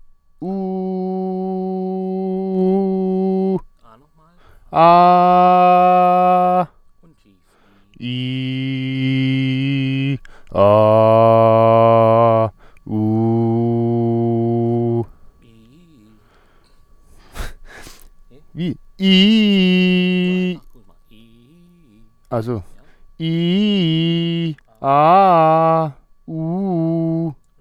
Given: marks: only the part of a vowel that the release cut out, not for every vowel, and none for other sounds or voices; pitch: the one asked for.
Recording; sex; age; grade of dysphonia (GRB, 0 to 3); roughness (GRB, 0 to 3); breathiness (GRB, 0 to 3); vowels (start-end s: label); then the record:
sustained vowels; male; 20 to 29 years; 0; 0; 0
0.56-2.53 s: vowel /u/, high pitch
4.93-6.53 s: vowel /a/, high pitch
8.14-9.93 s: vowel /i/, low pitch
10.78-12.32 s: vowel /a/, low pitch
13.02-14.87 s: vowel /u/, low pitch
23.32-24.42 s: vowel /i/, low-high-low pitch
24.88-25.79 s: vowel /a/, low-high-low pitch
26.32-27.23 s: vowel /u/, low-high-low pitch
From the record:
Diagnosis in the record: healthy voice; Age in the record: 29 years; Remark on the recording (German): Im NSP-Signal ist ein Hintergrundgeräusch bei "am" zu vernehmen.